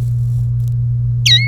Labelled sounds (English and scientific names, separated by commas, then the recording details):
Domestic Canary (Serinus canaria) song
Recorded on 30 April 2018 at 12:26
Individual llb3